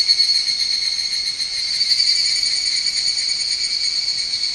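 Higurashi cicada call, a continuous high metallic ringing with slight wavering, nothing else clearly heard.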